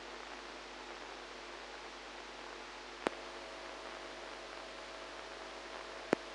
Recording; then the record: brain microelectrode recording played as sound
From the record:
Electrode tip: inside the subthalamic nucleus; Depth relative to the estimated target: -1 mm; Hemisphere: right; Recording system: NeuroSet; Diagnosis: Parkinson's disease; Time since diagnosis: 8 years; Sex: female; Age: 45 years